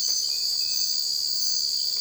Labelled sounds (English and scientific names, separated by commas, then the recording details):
none
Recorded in dense forest near Puerto Asís, Putumayo, Colombia, on 20 December 2024 at 03:00
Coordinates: 0.482, -76.320
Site G021